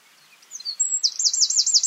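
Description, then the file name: Eurasian wren giving a few thin high notes, then a loud, fast, rolling high-pitched trill that lasts through to the end. "Troglodytes troglodytes"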